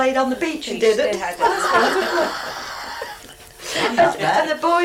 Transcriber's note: laughs